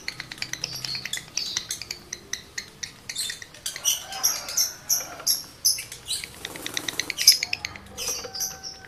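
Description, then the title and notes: Lovebird chattering song of busy high clicks and squeaks, with a short buzzy, raspy passage in the middle before the rapid ticking returns. Male lovebird in breeding condition; its singing is used as a lure to stimulate other lovebirds to sing. "Birahi Lovebird Jantan ke Gacor. Pancingan Suara Lovebird jantan birahi"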